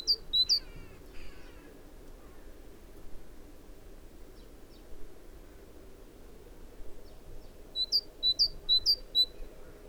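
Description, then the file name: Great tit uttering a couple of sharp high chirps at the start, then a fast run of several bright notes near the end. "Parus major"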